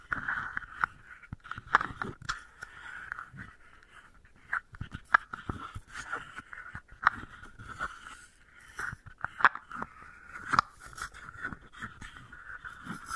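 Wooden balls are rolled and knocked together, giving a steady bed of gritty rolling and scraping with a bright, hollow ring around the middle tones. Sharp clicks and taps land irregularly throughout, a few every couple of seconds, some louder than the rest.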